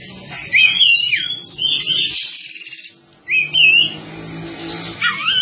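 Bird song: bright whistled phrases with slurred swoops and quick trills, broken by a short silence, over faint low hum.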